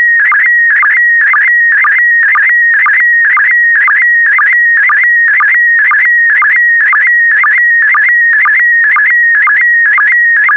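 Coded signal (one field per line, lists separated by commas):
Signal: SSTV (slow-scan television)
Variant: PD120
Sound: warbling tone around 2 kHz with steady chirping blips about twice a second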